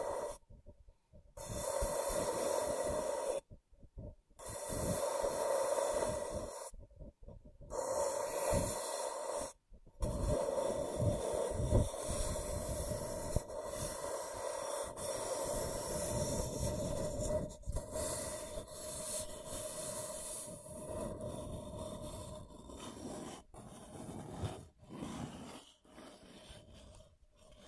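Scratching and tracing on a surface, in rough bursts broken by short silences early on, then a continuous rasping that thins toward the end.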